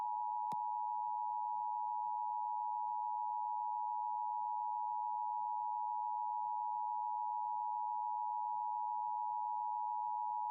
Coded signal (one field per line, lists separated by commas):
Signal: Emergency Alert System (SAME) tones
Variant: 853 and 960 Hz attention tone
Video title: LIVE AM/MW DX: DX Central Live - S. 3, Ep. 19 | Friday, March 4, 2023